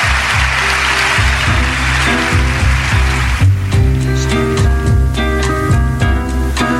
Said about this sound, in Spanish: Y aplausos para ellos.